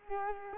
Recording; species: mosquito wingbeat signal from an infrared sensor; Culex quinquefasciatus